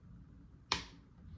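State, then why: Released. A spring-loaded captive screw holding the CPU heatsink to the motherboard standoff of a Sword 15 A11UD laptop is turned loose. A single sharp little click at 0.7 s rises out of a quiet low hum, marking the moment the screw comes free of its thread and is released.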